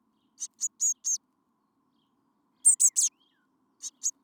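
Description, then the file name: Eurasian blue tit calls: a quick string of four high, clipped notes, a pause, three louder buzzy notes, then a final soft pair. "Cyanistes caeruleus"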